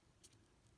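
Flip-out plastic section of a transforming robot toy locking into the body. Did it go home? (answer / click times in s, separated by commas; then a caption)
no / none. A flip-out plastic section of a transforming robot toy is handled during its conversion, being pushed toward locking into the body. Faint light ticks and handling noise are heard, with a soft high burst near 0.25 s. Nothing has seated or clicked yet.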